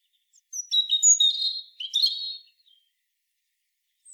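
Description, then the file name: European robin phrase: a short tumble of high, sweet whistles and a brief trill, lasting about two seconds, then quiet. "Erithacus rubecula"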